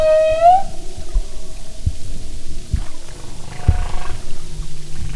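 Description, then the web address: Humpback whale call: one short harmonic tone rising slightly at its end, then mostly low underwater rumbling and faint clicks. "Sound and Marine Mammals humpback"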